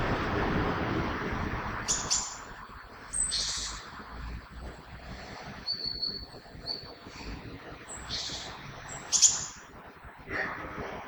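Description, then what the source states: Common blackbird song: short, shrill, high twittering bursts repeated every second or two against a constant low rumble. Recorded on 21 February 2020.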